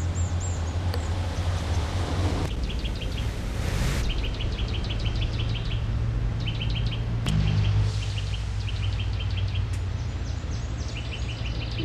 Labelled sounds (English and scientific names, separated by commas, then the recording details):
Eurasian Nuthatch (Sitta europaea)
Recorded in the wild
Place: Garmisch-Partenkirchen, Bayern, DE
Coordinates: 47.4808, 11.0461
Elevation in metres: 736
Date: 1980-04-01
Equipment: Uher 4000, Sennheiser MKH 415 T
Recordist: Tretzel, Erwin